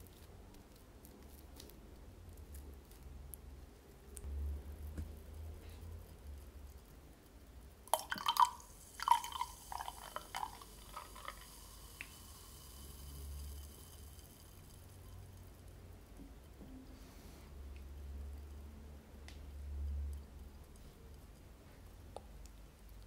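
Tapping and scratching on glass and other objects, with a low, uneven rumble running underneath throughout. Around 8 to 12 seconds a dense run of sharp, bright taps and scrapes comes in clusters, then quieter scattered clicks return, with a few more soft taps near 17 seconds.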